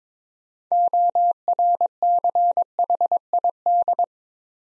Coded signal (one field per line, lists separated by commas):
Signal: Morse code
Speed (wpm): 22 wpm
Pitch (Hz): 700 Hz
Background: none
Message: ORCHID